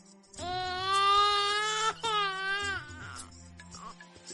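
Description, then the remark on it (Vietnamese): A small child cries loudly in two long, high, sustained wails, the second shorter, then trails off into softer sobbing sounds over a steady low hum. “Bao nhiêu người nghe thấy tiếng khóc, liền có bấy nhiêu người phải bịt lỗ tai.”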